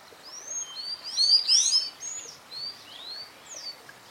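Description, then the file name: Sayaca tanager singing a quick run of high, squeaky slurred notes that overlap in the middle, then space out and fade. "Canto do sanhacu cinzento"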